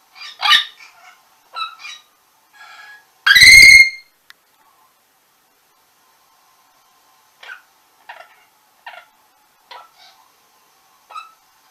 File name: venesuelskii amazon